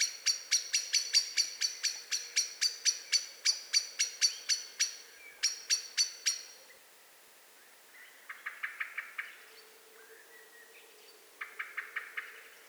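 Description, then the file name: Eurasian blackbird uttering fast, sharp chinking notes in steady series, then a pause followed by two softer, lower bursts of clicking calls. "Turdus merula"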